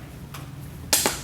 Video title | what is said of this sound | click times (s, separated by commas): 2013 Cadillac SRX lift gate pump replacement part 2 reassembly | listen for the click | 0.9 s